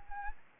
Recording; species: mosquito wingbeat signal from an infrared sensor; Anopheles arabiensis